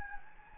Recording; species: mosquito wingbeat signal from an infrared sensor; Anopheles gambiae